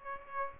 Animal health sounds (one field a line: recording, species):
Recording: mosquito wingbeat signal from an infrared sensor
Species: Aedes aegypti